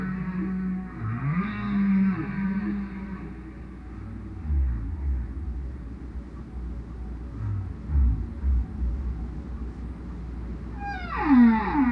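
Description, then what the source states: Whale song with low moaning tones wavering near the bottom, rising and falling sweeps, and a higher falling sweep near the end over steady low rumble. Solo whale.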